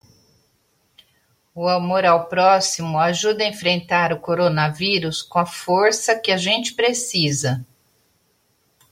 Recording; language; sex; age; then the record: spoken sentence; Brazilian Portuguese; female; 50 to 59 years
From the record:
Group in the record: control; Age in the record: 59 years